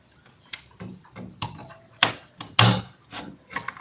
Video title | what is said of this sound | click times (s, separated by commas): LIVE PC Assembling 🔥 - Full Gaming PC Build Step-by-Step - Budget to Beast Setup 2025 | यह सीपीू socket से lock हो गया। | 2.6 s